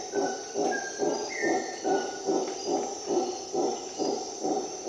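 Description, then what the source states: Howler monkey roar pulses, regular and throaty at more than two per second, beneath a high insect hum and brief whistled bird calls. Howler monkeys calling at dawn in the Costa Rica jungle, on an expedition.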